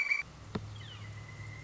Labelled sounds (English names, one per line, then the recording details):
Pileated Woodpecker
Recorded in Sonoma County, California